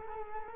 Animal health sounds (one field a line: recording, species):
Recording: mosquito wingbeat signal from an infrared sensor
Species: Culex quinquefasciatus